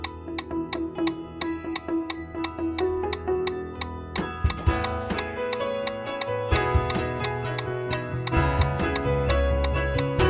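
A metronome ticks sharply and evenly at about 175 beats per minute over a steady tonal backdrop that grows fuller and louder after four seconds.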